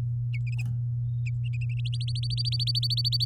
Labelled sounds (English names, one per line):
Domestic Canary song